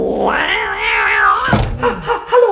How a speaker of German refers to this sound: Eine Katze auf dem Deckel.